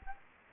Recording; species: mosquito wingbeat signal from an infrared sensor; Anopheles gambiae